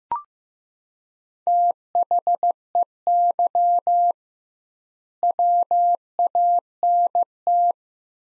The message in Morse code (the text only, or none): THEY WANT